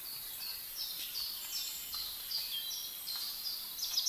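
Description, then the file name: Common chaffinch song, a run of bright repeated high notes that grows stronger toward the end, with a constant hiss underneath. "Fringilla coelebs"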